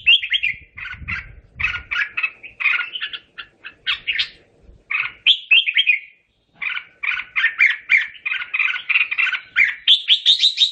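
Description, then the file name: Red-whiskered bulbul pouring out lively, chattering whistled phrases in rapid bursts, with a brief gap midway, ending in higher, faster notes; faint low knocks early on. Bird singing, calling to the flock. "Tieng chim Chao Mao hot goi bay"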